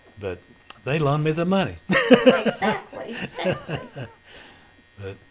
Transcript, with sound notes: But, they loaned me the money! (Chuckling)
Exactly, exactly.
But,